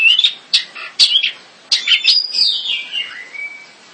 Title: Kicau Burung Pentet